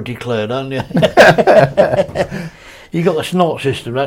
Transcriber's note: laughs